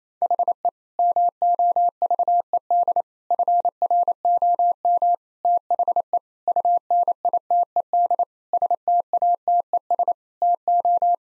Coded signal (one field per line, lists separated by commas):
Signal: Morse code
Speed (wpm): 27 wpm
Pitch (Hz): 700 Hz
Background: none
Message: HE MOVED FROM THE UNITED STATES TO